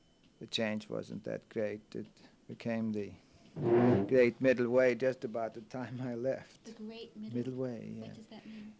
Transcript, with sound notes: the change wasn't that great. It became the ( a chair can be heard scraping the floor on the tape ) great middle way just about the time I left.
The great...
Middle way, yeah.
What does that mean?